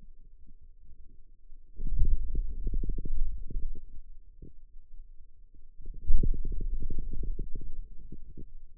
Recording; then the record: forearm muscle sounds (acoustic myography)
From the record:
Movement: hand closing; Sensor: system 2, bracelet of six BSWA MPA416 microphones around the upper forearm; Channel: 2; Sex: male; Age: 22 years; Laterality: right